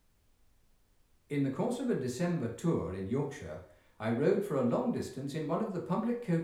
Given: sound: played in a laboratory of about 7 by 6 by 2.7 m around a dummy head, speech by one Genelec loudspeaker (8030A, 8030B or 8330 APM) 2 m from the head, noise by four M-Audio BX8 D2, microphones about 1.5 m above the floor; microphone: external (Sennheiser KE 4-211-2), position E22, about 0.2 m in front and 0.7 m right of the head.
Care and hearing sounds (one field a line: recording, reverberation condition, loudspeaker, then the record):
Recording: male speech in English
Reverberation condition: medium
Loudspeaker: 150 degrees to the right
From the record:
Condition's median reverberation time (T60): about 510 ms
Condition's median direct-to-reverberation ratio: about -0.5 dB